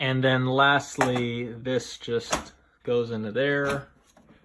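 Someone talks while the front cover panel, the pre-filter cover, of a Coway Airmega AP-1512HH(W) True HEPA air purifier is handled and brought to its plastic housing, with faint rubbing and a soft tap near the end. Nothing has seated or clicked yet; the cover is not yet home.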